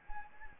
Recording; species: mosquito wingbeat signal from an infrared sensor; Anopheles gambiae